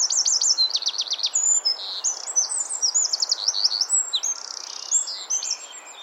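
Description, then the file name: Eurasian wren song: a vigorous, high-pitched stream of fast trills, buzzy rattles and bright whistled notes that continues throughout. "Troglodytes troglodytes"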